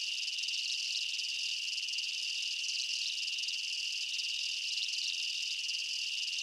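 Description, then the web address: Dense insect chorus, a shrill steady chirping band with light pulsing texture, continuing evenly throughout. Night-time jungle ambience of chirping insects and bugs. "Blastwave INSECTS Amb Night Jungle BU. ambience insects chirps night jungle bugs"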